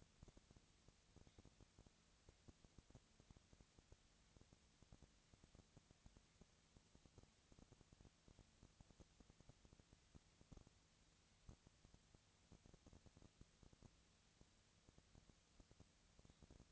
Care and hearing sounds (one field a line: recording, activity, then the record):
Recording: daily activity, microphone in the room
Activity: no activity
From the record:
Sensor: 3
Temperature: 20.6 degrees Celsius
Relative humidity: 35.7%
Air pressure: 998.8 hPa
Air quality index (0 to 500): 235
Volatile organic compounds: 71 ppm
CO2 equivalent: 3524 ppm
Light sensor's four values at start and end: 2/3/2/2 and 2/3/2/2